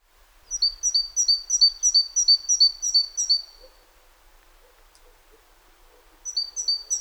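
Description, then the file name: Great tit singing a fast string of about eight high, ringing two-note units, then falling quiet before another phrase begins near the end. "Parus major"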